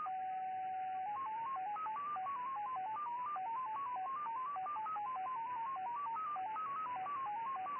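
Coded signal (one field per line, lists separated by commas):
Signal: numbers station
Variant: XPA MFSK 10 baud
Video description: XPA 873 1, 9. 1. 2014 19:20, 6791 kHz / MFSK 10 baud. Message for ID 873 and quite a long one. SVR Russian Foreign Intelligence Numbers Station.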